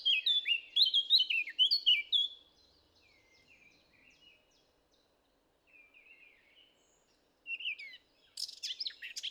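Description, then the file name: Eurasian blackcap song, a loud burst of fluty warbling, then quiet soft notes, then short scratchy and whistled fragments returning near the end. "Sylvia atricapilla"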